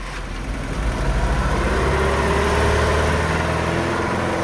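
The engine of a fast small car runs steadily as two men jump in, a continuous low rumble with a faint buzzing hum that holds at an even loudness throughout, with no voices.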